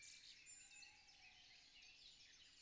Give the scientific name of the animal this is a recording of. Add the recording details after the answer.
Strix aluco. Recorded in Germany. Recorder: ecoPi